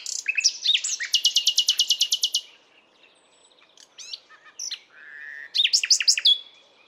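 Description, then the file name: Common nightingale singing a long, rhythmic series of repeated sharp notes, then quieter varied sounds and a final burst of rapid descending chirps. "Luscinia megarhynchos"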